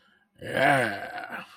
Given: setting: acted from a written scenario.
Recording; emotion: vocal sound without words; triumph